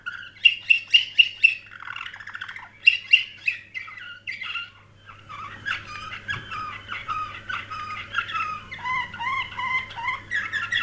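Canary song opening with quick repeated bright notes, then a long stretch of continuous warbled trills and twitters over a constant low hum.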